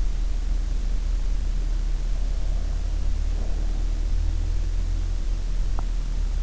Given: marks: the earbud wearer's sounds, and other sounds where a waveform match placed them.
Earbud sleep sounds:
sounds in sleep by an in-ear microphone; breath
1.83-4.13 s: breath

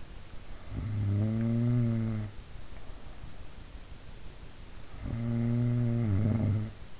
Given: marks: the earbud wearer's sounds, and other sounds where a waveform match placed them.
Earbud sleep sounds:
sounds in sleep by an in-ear microphone; snoring breath
0.42-3.51 s: snoring breath
4.76-6.99 s: snoring breath

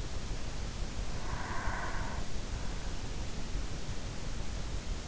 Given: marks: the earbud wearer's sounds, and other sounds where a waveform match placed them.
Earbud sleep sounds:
sounds in sleep by an in-ear microphone; breath
0.75-3.00 s: breath

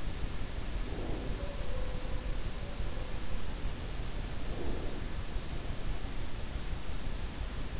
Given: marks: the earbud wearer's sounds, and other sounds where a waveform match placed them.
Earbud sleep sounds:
sounds in sleep by an in-ear microphone; breath
0.82-1.56 s: breath
4.41-5.02 s: breath

